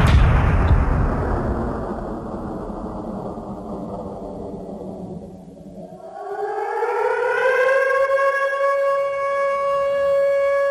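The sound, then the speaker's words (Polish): At the start of Arseny Avraamov's 1922 concert, a broad, rumbling roar slowly dies away, then a loud mechanical siren winds up, its wailing tone climbing in pitch and holding steady with rich harmonics. “Ale wróćmy do tych syren, do Arsenego Avramova.”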